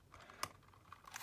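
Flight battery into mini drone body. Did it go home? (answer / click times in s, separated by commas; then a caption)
yes / 0.4 s. A flight battery is slid down into the back of a DJI Mini 3 drone body until it locks. A sharp click at 0.4 s marks the battery seating in place, with a few softer taps and handling sounds around it. The battery is seated.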